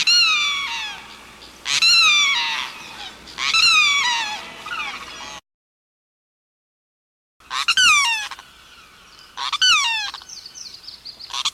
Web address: 101 Bird Songs. Limpkin